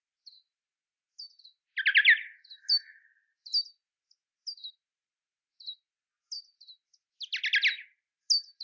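Bat calls: short, high, downward-sweeping chirps about once a second, broken twice by harsh, buzzy, harmonic squawks lasting around half a second.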